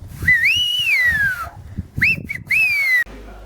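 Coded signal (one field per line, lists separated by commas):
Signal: whistled language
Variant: Silbo Gomero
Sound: a long loud gliding whistle rising and falling, then two short whistled syllables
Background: outdoor background noise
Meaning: María, come over here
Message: María Ven para acá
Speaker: benigno Silva María Ven para acá a ver benigno entonces puede silvar María Ven para acá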